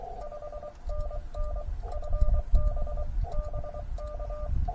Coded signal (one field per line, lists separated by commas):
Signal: Morse code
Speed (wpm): 23 wpm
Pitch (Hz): 1190 Hz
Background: none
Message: 5NN FB BK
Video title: POTA & CWT at Lake Colorado City: Overnight Adventure